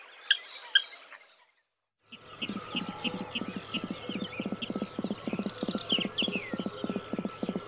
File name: Rale-d eau